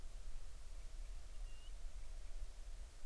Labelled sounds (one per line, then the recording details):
bird
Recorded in the Arctic National Wildlife Refuge, Alaska, on 20 July 2019 at 02:32
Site 38